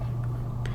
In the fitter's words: I guess it's a bookcase or shelf case if you will is going to snap right into that panel which that has to be put in uh before you put the panel to the build.